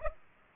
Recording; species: mosquito wingbeat signal from an infrared sensor; Aedes aegypti